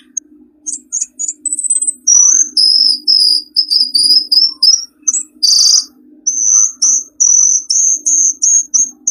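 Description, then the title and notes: Birds giving high, thin chirps and clipped whistled notes in quick, evenly spaced runs, with a steady low hum underneath. Compilation of lure sounds meant to attract stubborn, wary birds that are hard to approach. "Suara Burung Bandel Yang Susah Mendekati. Kompilasi Suara Pikat Burung"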